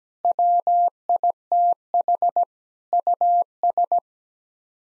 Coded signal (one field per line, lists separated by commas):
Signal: Morse code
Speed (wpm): 17 wpm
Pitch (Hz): 700 Hz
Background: none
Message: WITH US